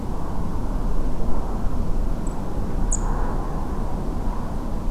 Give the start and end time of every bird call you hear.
2.25s-2.32s: Turdus philomelos (7.5-10.8 kHz)
2.91s-2.96s: Turdus philomelos (6.1-10.4 kHz)

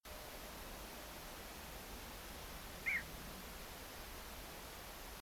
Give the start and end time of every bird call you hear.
2.85s-3.02s: Ixobrychus minutus (1.6-2.5 kHz)

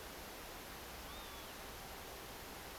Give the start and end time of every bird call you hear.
1.04s-1.54s: Vanellus vanellus (2.7-3.9 kHz)

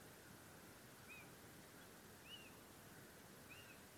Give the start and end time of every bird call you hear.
1.07s-1.26s: Athene noctua (2.2-3.9 kHz)
2.23s-2.50s: Athene noctua (2.3-3.0 kHz)
3.48s-3.76s: Athene noctua (2.3-5.7 kHz)

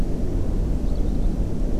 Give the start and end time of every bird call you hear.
0.85s-1.26s: Alauda arvensis (3.1-6.0 kHz)

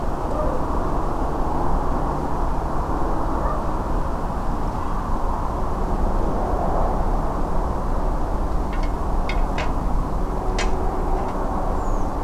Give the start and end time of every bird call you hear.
11.77s-12.04s: Turdus iliacus (5.5-7.7 kHz)

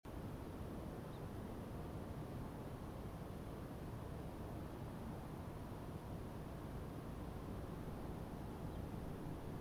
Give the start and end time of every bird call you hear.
1.11s-1.20s: Emberiza hortulana (3.1-4.2 kHz)
8.71s-8.79s: Emberiza hortulana (3.1-4.1 kHz)

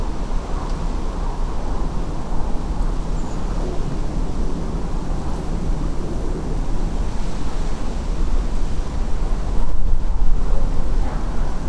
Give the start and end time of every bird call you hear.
3.16s-3.37s: Turdus iliacus (6.5-7.7 kHz)

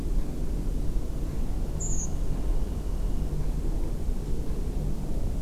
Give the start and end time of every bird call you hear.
1.79s-2.07s: Turdus iliacus (5.7-8.1 kHz)

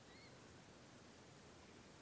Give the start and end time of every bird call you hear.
0.08s-0.30s: Tachybaptus ruficollis (2.0-4.5 kHz)

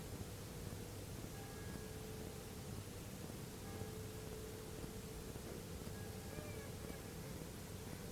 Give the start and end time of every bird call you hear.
6.32s-7.01s: Anas platyrhynchos (0.5-2.5 kHz)

